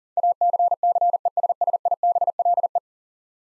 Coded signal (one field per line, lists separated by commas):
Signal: Morse code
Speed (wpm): 40 wpm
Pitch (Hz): 700 Hz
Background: none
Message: ACCESSIBLE